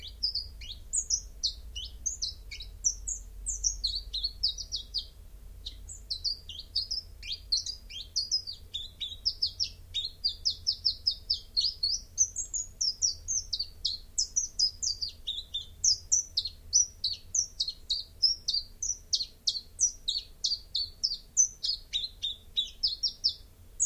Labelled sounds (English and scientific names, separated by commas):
Common Chiffchaff (Phylloscopus collybita) song